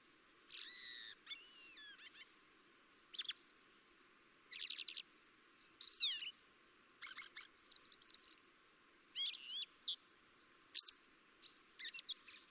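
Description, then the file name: Common blackbird giving a series of high, sharp chirps and steep downward-sweeping notes in short bursts, separated by brief pauses throughout. "Turdus merula"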